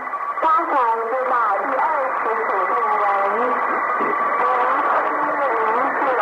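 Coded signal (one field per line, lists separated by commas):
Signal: numbers station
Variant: New Star Broadcasting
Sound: a muffled voice speaking steadily over shortwave hiss, band-limited and slightly echoey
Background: radio static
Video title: The Conet Project 013 - New Star Broadcasting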